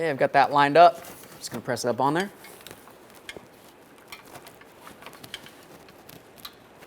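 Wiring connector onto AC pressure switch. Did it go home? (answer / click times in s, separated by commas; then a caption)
yes / 5.3 s. Someone talks while lining up an electrical connector and pressing it onto the AC pressure switch on the radiator line of a 2013-2020 Ford Fusion 2.0L L4 during a radiator replacement. Faint handling ticks follow, then a sharp click at 5.3 s as the connector seats, and it is given a light tug to confirm it is secured.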